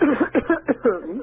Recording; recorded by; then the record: voluntary cough; telephone call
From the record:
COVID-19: positive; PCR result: checked with the laboratory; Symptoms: no